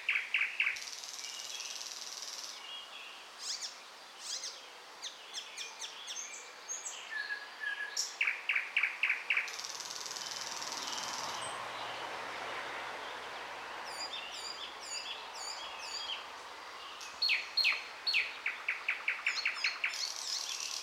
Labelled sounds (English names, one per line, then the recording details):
Thrush Nightingale song
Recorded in the wild
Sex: male
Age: adult
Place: Wizna, Lomzynski Park Krajobrazowy Doliny Narwi, Podlaskie Voivodeship, PL
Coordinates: 53.1979, 22.4176
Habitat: deciduous forest edge
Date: 2016-05-26 08:40
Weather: heavy cloud, moderate wind
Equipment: Marantz PMD660 recorder, Sennheiser ME67 directional microphone
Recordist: Souriau, Abel